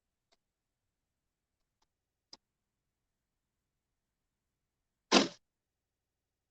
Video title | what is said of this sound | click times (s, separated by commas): Viking MN 1000 10 Multi-Needle Embroidery Machine with Amber Bingham SMP Live #38 | you just put your frame in here, it clicks right in. | 2.3 s